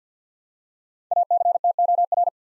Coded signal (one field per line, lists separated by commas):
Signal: Morse code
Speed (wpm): 50 wpm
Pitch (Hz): 700 Hz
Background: none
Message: ACTOR